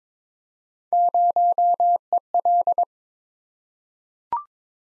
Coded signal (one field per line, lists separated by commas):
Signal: Morse code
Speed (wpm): 22 wpm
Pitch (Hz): 700 Hz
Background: none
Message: 0EL